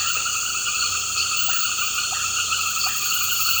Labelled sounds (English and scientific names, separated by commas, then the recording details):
none
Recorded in pastures near Puerto Asís, Putumayo, Colombia, on 8 March 2025 at 19:30
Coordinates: 0.466, -76.322
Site CSA-02